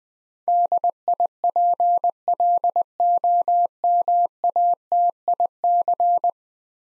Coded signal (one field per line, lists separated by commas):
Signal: Morse code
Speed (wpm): 20 wpm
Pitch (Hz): 700 Hz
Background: none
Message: DIPLOMATIC